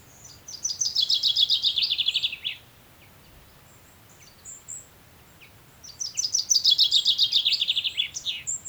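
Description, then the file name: Common chaffinch giving two songs, each a fast cascading trill that drops in pitch and finishes with a sharp flourish, separated by a few seconds of near silence. "Fringilla coelebs"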